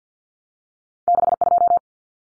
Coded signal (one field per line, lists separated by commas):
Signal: Morse code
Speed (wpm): 48 wpm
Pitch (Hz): 700 Hz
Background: none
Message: 62